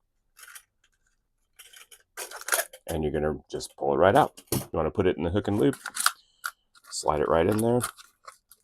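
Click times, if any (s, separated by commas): none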